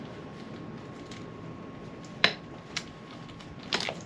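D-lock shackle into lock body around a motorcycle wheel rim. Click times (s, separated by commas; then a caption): 2.2 s. A two-piece metal Litelok X1 D-lock is fitted across the tyre and rim of a BMW R1300GS motorcycle wheel running Metzeler Tourance Next 2 road-bias tyres, with the shackle pushed into the lock body. A loud, sharp click at 2.2 s marks it locking into place, followed by a softer tap around 2.8 s and a short cluster of light rattles near 3.7–3.9 s over a quiet background. The lock is seated and secured around the wheel rim.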